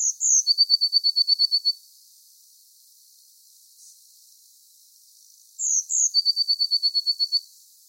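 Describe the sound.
Eurasian blue tit giving two high, sibilant notes and a rapid, evenly spaced chattering trill, the whole phrase repeated about five seconds later.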